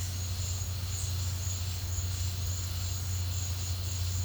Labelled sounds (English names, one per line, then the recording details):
none
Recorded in pastures near Puerto Asís, Putumayo, Colombia, on 15 December 2024 at 12:30
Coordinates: 0.502, -76.324
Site G077